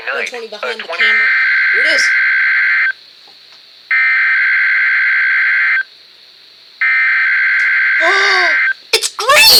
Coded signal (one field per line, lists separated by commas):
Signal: Emergency Alert System (SAME) tones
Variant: header bursts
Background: speech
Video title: (*MUST SEE!!!*) "It's GREEN!!!" (EAS #47)